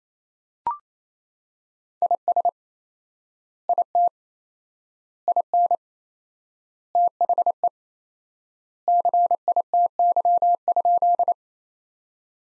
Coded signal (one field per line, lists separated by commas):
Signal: Morse code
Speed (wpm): 28 wpm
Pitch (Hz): 700 Hz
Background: none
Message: IS IT IN THE CITY?